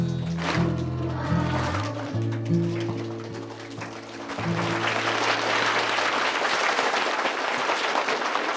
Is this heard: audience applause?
yes